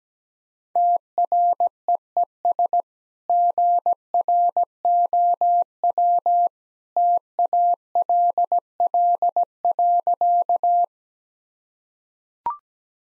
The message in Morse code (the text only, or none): TREES GROW TALL.